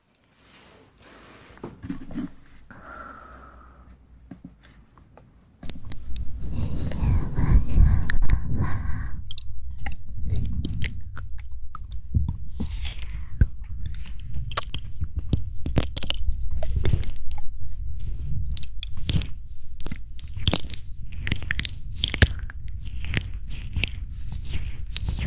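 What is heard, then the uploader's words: Mouth sounds begin with a quiet stretch of soft clicks, then from about six seconds turn into dense, steady crunching and chewing clicks with smacks. ASMR Close Mouth Sounds.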